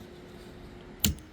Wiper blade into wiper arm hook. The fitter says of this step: I say it clicked, you hear it?